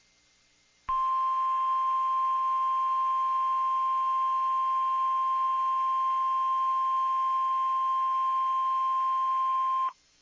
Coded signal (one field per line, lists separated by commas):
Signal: Emergency Alert System (SAME) tones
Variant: 1050 Hz attention tone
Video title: EAS #782-789*: Tests and Drills... (Florida Tornado Drill and EAS Tests from 2/9/21)